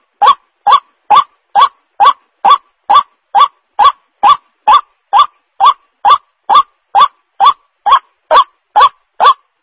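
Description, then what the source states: White-breasted waterhen giving regular, harsh, rising notes rich in overtones, steadily repeated a little over twice per second. Lure call for attracting the birds.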